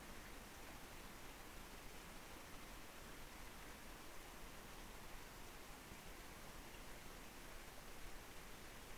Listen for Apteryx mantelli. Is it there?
no